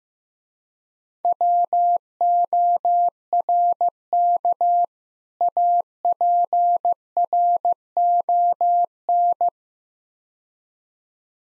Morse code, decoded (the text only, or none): WORK APRON